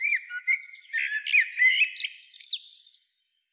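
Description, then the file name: Common blackbird song phrase: rich, fluty warbling notes wavering up and down, followed by thin, high squeaky twittering. "Turdus merula"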